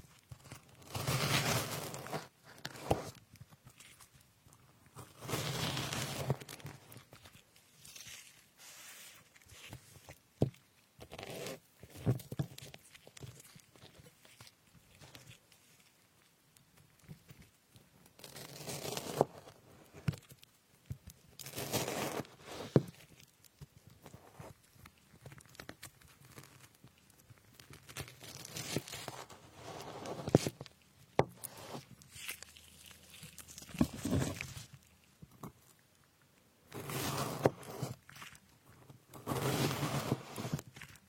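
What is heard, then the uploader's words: Strawberries are cut on a board in irregular bursts of soft, wet slicing and sharp knife taps, with quiet pauses between and faint rustling. Cutting fruits like strawberries.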